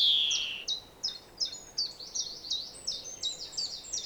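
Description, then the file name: European greenfinch calling: a loud wheezy note fades at the start, followed by quick, uneven bright chirps and twitters repeated roughly three times a second. "Chloris chloris"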